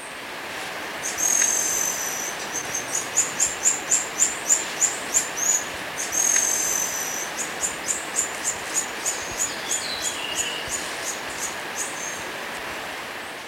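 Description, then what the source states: Black-streaked puffbird singing: a high thin whistle followed by a long series of quick, very high piping notes, then a second whistle and more notes. Ecuador.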